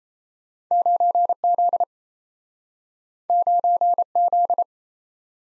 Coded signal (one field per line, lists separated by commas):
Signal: Morse code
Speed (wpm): 37 wpm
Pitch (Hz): 700 Hz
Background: none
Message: 9Z 9Z